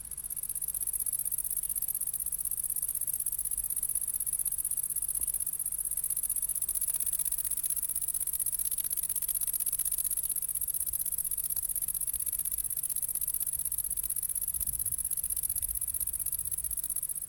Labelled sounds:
Great Green Bush-cricket stridulation

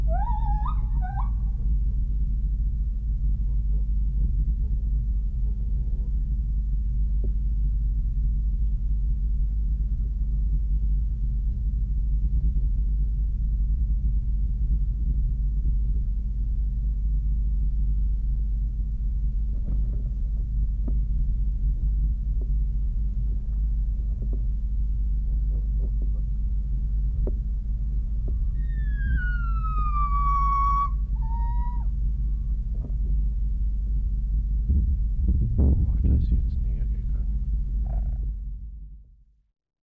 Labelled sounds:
Northern White-cheeked Gibbon

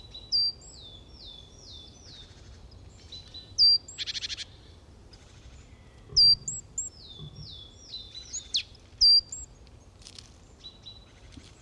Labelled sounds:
Great Tit

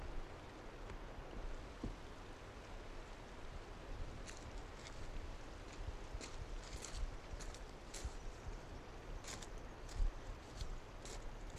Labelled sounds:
Arctic Fox

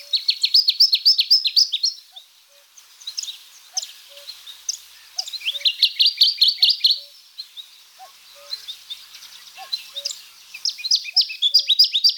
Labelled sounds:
Dusky Warbler song

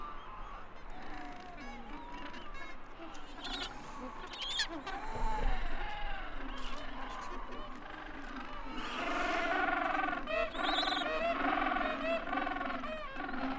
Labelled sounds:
Gentoo Penguin call

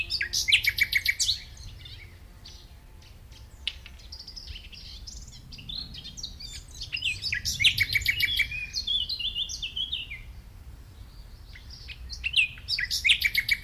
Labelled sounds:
Common Nightingale song

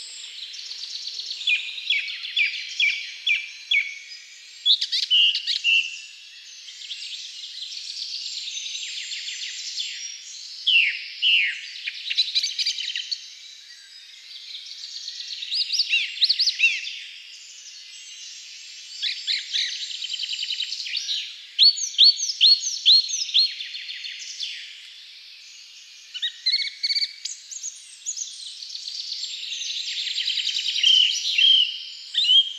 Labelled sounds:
Song Thrush song

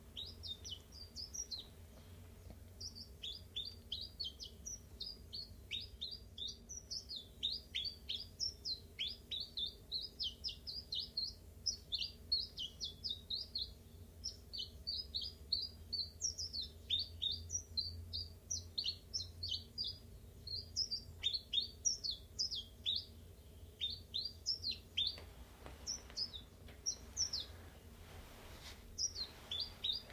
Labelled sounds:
Common Chiffchaff

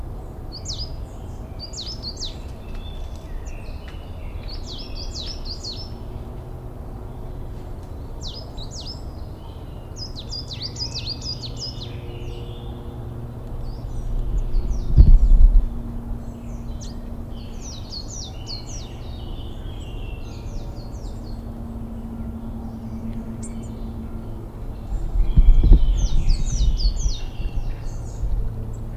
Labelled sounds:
Coal Tit song

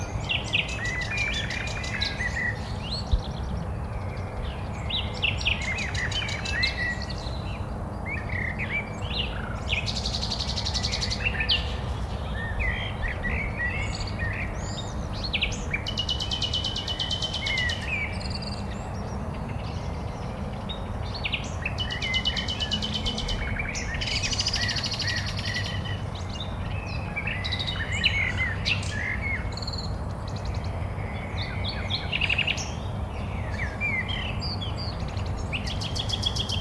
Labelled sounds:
Common Nightingale song

